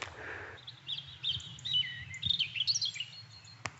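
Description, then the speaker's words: European Robin song: a varied, warbling phrase of high, thin, tumbling notes, with a low steady rumble and a brief hissy sound at the start. Singing in a large ash tree in Brecon Beacons woodland in early spring. "Lovely robin singing in one of the big ash trees here."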